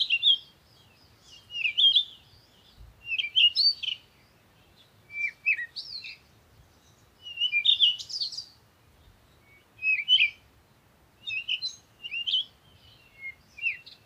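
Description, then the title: Birds singing, repeated chirping and warbling phrases in steady bursts over a quiet low rumble. Morning birds recorded in nature while on vacation, used for a meditation. "Morning Birds Meditation - Spiritually Fit with Amelia Andaleon"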